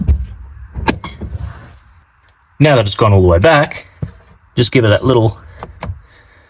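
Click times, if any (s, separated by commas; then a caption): 5.6 s, 5.8 s. The manually opened soft top of a 2006 Holden Astra TS Bertone convertible is lowered all the way back onto the boot lid and given a small nudge by hand so the latch engages. Someone talks over low handling knocks, and sharp latch clicks land at 5.6 s and 5.8 s as the roof locks in.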